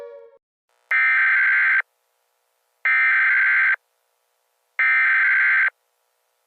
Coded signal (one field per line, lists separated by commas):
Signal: Emergency Alert System (SAME) tones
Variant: header bursts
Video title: Eas scenario #2: Legendary and Unique Attacks! (Easter Special)